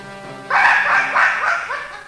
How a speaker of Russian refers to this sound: Этот пес мешает мне охотиться! Замолчи!